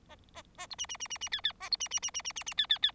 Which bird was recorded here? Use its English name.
Bengalese Finch